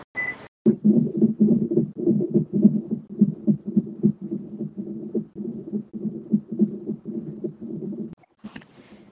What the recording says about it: And right now they're 20 minutes. So with your third baby. The scheduled C-section was Friday. And the doctor sent us over for contractions. You can probably hear baby's heartbeat in the background.